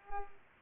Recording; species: mosquito wingbeat signal from an infrared sensor; Culex pipiens